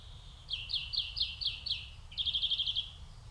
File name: Chloris chloris